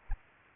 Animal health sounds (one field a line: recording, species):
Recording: mosquito wingbeat signal from an infrared sensor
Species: Aedes aegypti